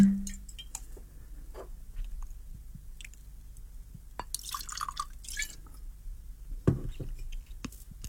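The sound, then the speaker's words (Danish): A small drink is poured into a glass: scattered drips and small clinks, then a short burst of splashing liquid midway, with a faint knock near the end. Quiet, with no voices. “Nu tror jeg, jeg skal have en lille en og sige godnat på.”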